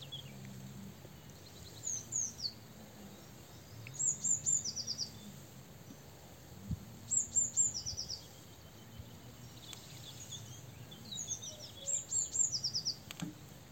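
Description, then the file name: Eurasian blue tit, several bursts of thin high notes, each dropping into a short rapid trill, spaced a few seconds apart, over low background rumble. "Cyanistes caeruleus"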